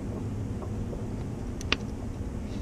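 A spark plug wire boot is pushed onto the terminal of a rear spark plug on a 3.8L V6 in a 2001 Pontiac Bonneville series 2, over a steady low rumbling background. A faint tick comes at 1.6 s, then a sharp snap at 1.7 s as the boot seats fully and correctly on the plug head.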